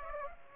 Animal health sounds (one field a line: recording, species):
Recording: mosquito wingbeat signal from an infrared sensor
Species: Aedes aegypti